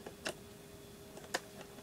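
A Fotodiox macro extension tube, its red dot lined up with the red dot on a Canon camera body, is twisted onto the lens mount. After a few faint ticks, a sharp click at 1.4 seconds marks the tube locking onto the mount. The twist is less smooth than with Canon's own parts.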